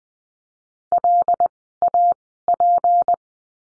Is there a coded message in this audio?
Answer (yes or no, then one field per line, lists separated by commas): yes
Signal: Morse code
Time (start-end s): 0.9-3.1 s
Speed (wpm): 20 wpm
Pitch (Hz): 700 Hz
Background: none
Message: LAP